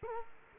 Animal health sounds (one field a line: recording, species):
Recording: mosquito wingbeat signal from an infrared sensor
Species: Culex quinquefasciatus